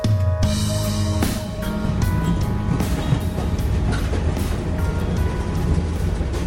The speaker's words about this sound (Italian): Ed eccomi di nuovo sul treno.